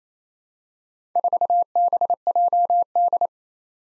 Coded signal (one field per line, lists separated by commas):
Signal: Morse code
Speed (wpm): 27 wpm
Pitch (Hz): 700 Hz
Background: none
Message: 4BJD